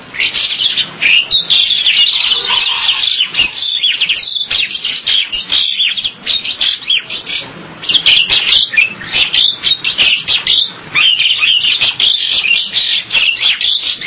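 Bird delivering a continuous, dense run of high twittering and warbling notes with only brief gaps, lively and fast-paced throughout.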